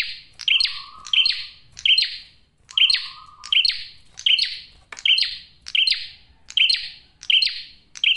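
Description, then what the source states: Prinia song of crisp, repeated chirps at a steady pace, with two low, buzzy, drawn-out notes early on. Male, singing freely with a clear, dense voice; suited to luring or calling in females.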